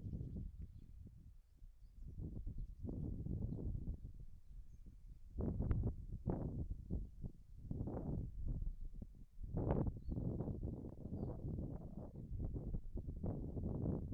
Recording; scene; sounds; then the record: everyday scene through a hearing-aid microphone; wind on the microphone; wind, whistling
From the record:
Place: in front of a rural house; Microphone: behind the ear, left, front